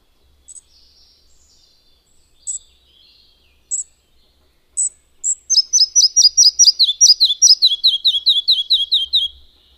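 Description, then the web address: Red-breasted flycatcher song, beginning with scattered high pips and faint twitters, then a quick descending string of repeated whistled notes lasting about four seconds. "agykontroll Madardalok Cd 1. Kis légykapó"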